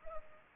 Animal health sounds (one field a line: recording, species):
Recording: mosquito wingbeat signal from an infrared sensor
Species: Culex pipiens